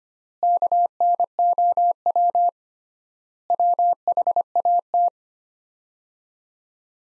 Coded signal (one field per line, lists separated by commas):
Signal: Morse code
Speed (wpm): 25 wpm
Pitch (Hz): 700 Hz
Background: none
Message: KNOW WHAT